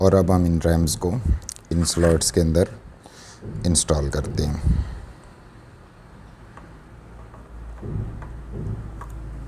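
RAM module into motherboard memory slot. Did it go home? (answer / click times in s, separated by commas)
no / none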